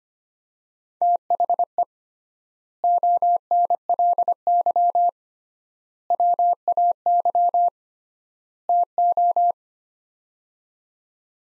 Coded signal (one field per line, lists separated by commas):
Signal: Morse code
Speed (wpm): 25 wpm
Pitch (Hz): 700 Hz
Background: none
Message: THE ONLY WAY TO